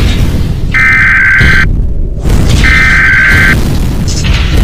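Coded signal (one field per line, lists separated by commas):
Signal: Emergency Alert System (SAME) tones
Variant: header bursts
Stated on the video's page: Fictional EAS scenario story.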